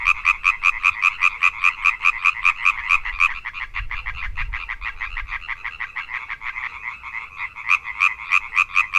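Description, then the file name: European tree frog croaking in a rapid series of sharp, nasal knocks, softer and more blurred in the middle before the loud, sharp notes return. "Hyla arborea"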